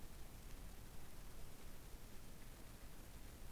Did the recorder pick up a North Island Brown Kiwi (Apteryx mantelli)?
no